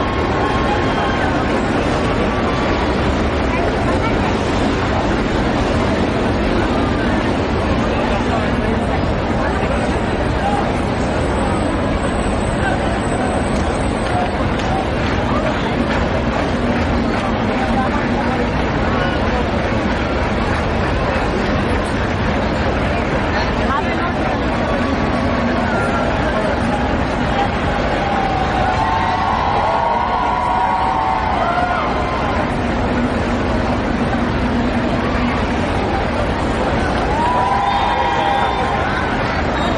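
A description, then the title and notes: Walking through a busy city square, with a dense, steady wash of crowd chatter and traffic rumble throughout. Voices overlap, a low engine hum holds underneath, and short bright tones, like whistles or squealing brakes, cut through near 28 and 37 seconds. Walking The Streets of Times Square In New York City | Cityscape White Noise. Walking sounds straight from Times Square in New York City.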